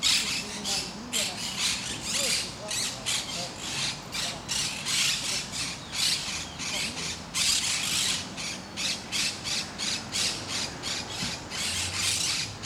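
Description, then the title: Parakeets giving harsh, rasping squawks in a dense, continuous chorus, several birds calling over one another with barely a pause. Several parakeets at Parc de Forest, Saint-Gilles, Belgium; recorded with a Sony PCM-D100 using internal microphones in the wide position. "Parc de Forest, 1060 Saint-Gilles, Belgique - Parakeets - Perruches"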